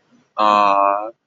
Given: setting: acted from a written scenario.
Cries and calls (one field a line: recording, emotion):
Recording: vocal sound without words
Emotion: adoration